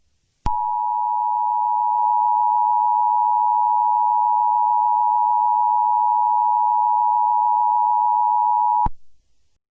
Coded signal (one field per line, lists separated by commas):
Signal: Emergency Alert System (SAME) tones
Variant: 853 and 960 Hz attention tone